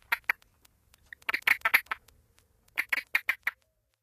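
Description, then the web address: Texas toad giving scattered groups of short, rough, quack-like pulses separated by quiet gaps. "Songs of Frogs Toads of North America. Texas Toad"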